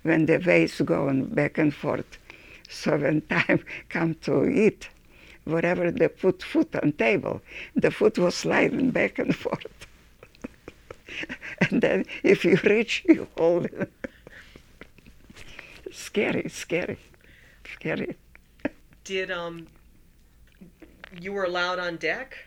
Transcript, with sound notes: When the waves going and back and forth, time come to eat, whatever the food put on table, the food was sliding back and forth. [Laughs] And then if you reached, you fall in. [Laughs] Scary, scary, scary.
You were allowed on deck?